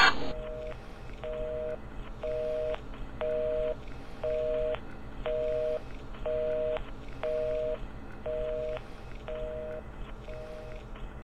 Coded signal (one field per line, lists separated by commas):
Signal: telephone call progress tone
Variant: North America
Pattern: busy tone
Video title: Loop Modem Phantom Call